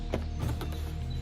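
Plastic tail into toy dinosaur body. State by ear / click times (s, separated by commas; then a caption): seated / 0.1 s, 0.6 s. A plastic tail is pushed into the back of a large Jurassic World Super Colossal Spinosaurus toy body. Two sharp clicks sound at 0.1 s and 0.6 s over a steady low hum, and the tail clicks into place and is seated.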